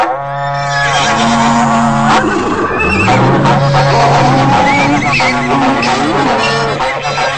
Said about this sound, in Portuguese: Reúne a tropa aí, seu moço, repico berrante,